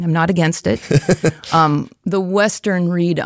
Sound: laughs